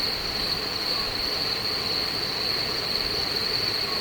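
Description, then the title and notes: Crickets singing in a dense, unbroken high-pitched chorus that holds a steady ringing tone with no pauses. Crickets singing after nightfall in Beaujolais, at Les Buyats, Beaujeu, at 23:00. "Grillons et crapauds. Un soir en Beaujolais, nuit tombée, des grillons s'en donnent à cœur joie, et en fond, si l'on tend l'oreille, des crapauds chanteurs. Les Buyats, Beaujeu 23.00"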